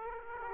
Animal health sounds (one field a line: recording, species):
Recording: mosquito wingbeat signal from an infrared sensor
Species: Aedes aegypti